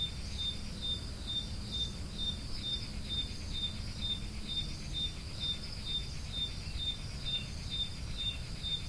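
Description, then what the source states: High cricket chirps tick along evenly about twice each second, with a faint pulsing buzz above and continuous low-frequency background noise. Recorded at Roodekopjes.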